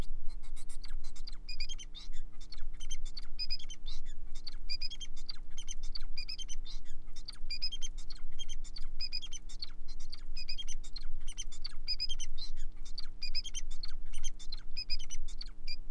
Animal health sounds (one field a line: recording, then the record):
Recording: song of a male Bengalese finch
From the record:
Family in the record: son of father 4